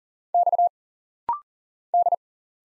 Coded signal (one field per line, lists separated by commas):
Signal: Morse code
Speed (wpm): 40 wpm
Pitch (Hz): 700 Hz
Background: none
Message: X D